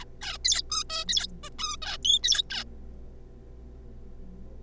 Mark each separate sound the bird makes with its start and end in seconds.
0.01-0.04, 0.21-0.38, 0.44-0.61, 0.70-0.83, 0.90-1.04, 1.08-1.26, 1.43-1.49, 1.59-1.76, 1.82-1.97, 2.03-2.19, 2.23-2.42, 2.50-2.64